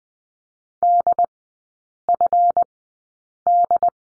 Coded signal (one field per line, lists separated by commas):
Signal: Morse code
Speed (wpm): 20 wpm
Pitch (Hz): 700 Hz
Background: none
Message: DFD